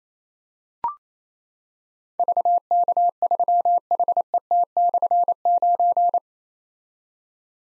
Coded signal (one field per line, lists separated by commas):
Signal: Morse code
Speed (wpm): 28 wpm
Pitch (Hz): 700 Hz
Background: none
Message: VK3HET/9